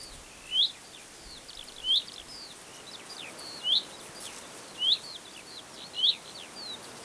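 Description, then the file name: Common chaffinch giving five brisk rising call notes at uneven intervals, with soft twittering from other birds and a constant hiss behind. "Fringilla coelebs"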